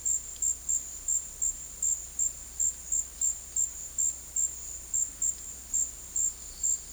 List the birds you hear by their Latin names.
none